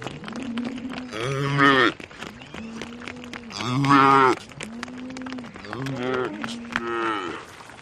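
Cow lowing: repeated overlapping moos, some low and steady, others rising and harsher, about every two seconds over a noisy background.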